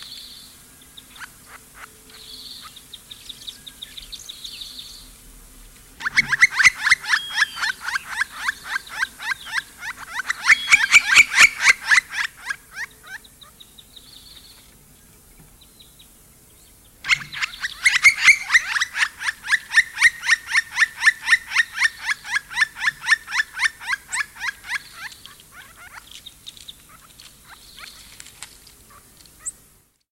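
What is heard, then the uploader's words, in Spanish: A green-barred woodpecker gives two long, loud series of rapid, evenly repeated bright calls, with fainter, higher calls between them. Carpintero Real (Colaptes melanolaimus). Bahía Blanca.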